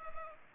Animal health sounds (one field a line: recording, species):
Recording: mosquito wingbeat signal from an infrared sensor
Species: Culex pipiens